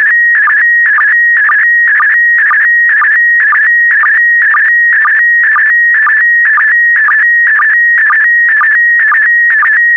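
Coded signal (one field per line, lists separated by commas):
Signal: SSTV (slow-scan television)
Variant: PD120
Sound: warbling, chirping tone around 1.9 kHz with regular short low blips about twice a second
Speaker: Starting transmission in 5, 4, 3, 2, 1. Transmission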